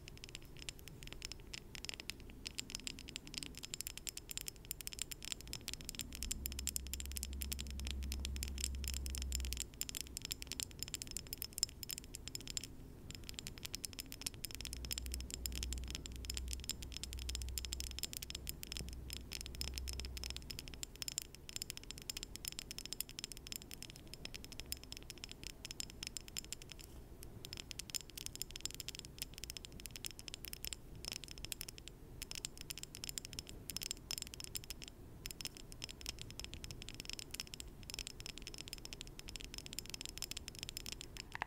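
Pure tapping: a dense, continuous patter of quick, light taps with a crisp, bright edge, steady in level throughout. A low rumble swells in twice, around six to ten seconds and again from fifteen to twenty seconds, beneath the tapping.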